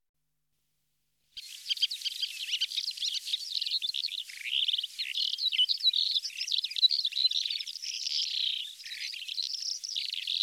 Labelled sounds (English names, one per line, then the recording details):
Calandra Lark song
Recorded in the wild
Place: Kalmückensteppe, RU
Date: 2006-05-24
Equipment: MiniDisc Sharp MT 20 H
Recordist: Schwarz, Dieter
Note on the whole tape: Song